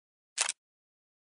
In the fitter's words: close the belt lock with an audible clicking sound